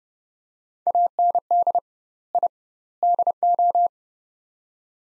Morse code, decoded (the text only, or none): AND I DO